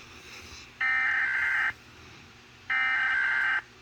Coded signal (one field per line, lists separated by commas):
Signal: Emergency Alert System (SAME) tones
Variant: header bursts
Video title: eas alarms